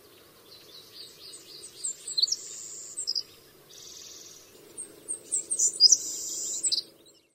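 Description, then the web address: Savannah sparrow song, thin high chips leading into a buzzy insect-like trill, given twice, with a faint low hum beneath. North America. "Songs of Birds of North America. Savannah Sparrow"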